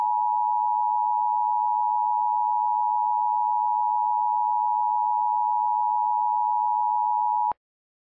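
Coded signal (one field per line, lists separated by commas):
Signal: Emergency Alert System (SAME) tones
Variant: 853 and 960 Hz attention tone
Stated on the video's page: Fictional EAS scenario, simulated alert about heavy rain during cold winter temperatures.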